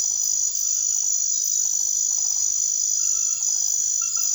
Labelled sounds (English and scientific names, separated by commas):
none